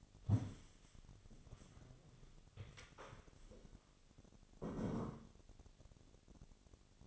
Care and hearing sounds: daily activity, microphone in the room; stand up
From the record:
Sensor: 4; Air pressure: 1001.3 hPa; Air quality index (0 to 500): 182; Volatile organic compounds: 2 ppm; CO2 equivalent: 1300 ppm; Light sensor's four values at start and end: 14/32/13/13 and 14/32/13/13

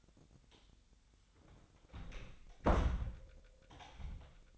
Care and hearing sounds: daily activity, microphone in the room; close door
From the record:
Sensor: 3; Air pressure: 1007.2 hPa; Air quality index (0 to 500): 203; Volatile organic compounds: 17 ppm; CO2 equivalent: 2596 ppm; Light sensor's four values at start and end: 12/29/12/12 and 12/28/12/12

